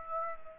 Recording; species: mosquito wingbeat signal from an infrared sensor; Aedes aegypti